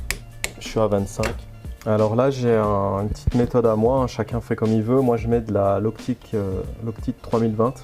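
A torque wrench set to 25 Nm, midway in the maker's 23–27 Nm range, tightens the cylinder head nuts on a two-stroke Suzuki RG Gamma motorcycle. It gives two sharp clicks at 0.1 s and 0.4 s as it reaches its set torque. Someone then talks for the rest of the clip.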